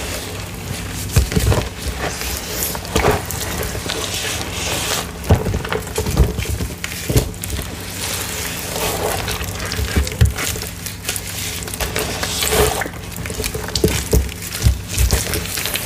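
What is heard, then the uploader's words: Dense crunching and squeaking as cornstarch paste is pressed and mixed, with a constant gritty rasp underneath. Sharp clicks and dull knocks land every second or so, strongest near 1, 5, 7, 10 and 14 seconds, over a faint low hum. Cornstarch, Rolling Pin Crushing, Mixing, Reforming Purple Paste.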